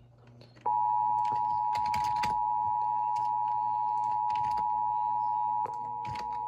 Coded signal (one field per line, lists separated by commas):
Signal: Emergency Alert System (SAME) tones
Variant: 853 and 960 Hz attention tone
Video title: EAS 1289: Erie, PA Amber Alert